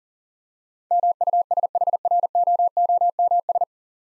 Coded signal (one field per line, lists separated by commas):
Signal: Morse code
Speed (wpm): 40 wpm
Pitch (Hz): 700 Hz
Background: none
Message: MUSHROOMS